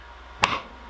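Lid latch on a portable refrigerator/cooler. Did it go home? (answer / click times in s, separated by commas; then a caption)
yes / 0.4 s. The plastic lid of a dual zone 37 quart BougeRV portable refrigerator is closed and its latch engages with one sharp, solid click at 0.4 seconds, followed by a short ringing tail. The latch seats and the lid does not spring back up.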